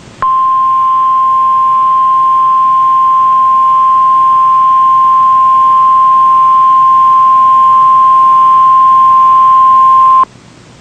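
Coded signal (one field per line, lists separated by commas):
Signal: Emergency Alert System (SAME) tones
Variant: 1050 Hz attention tone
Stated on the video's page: NOAA Weather Radio required weekly test; audio from an online streaming player synced to the original recording from a Midland weather radio.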